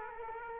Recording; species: mosquito wingbeat signal from an infrared sensor; Aedes aegypti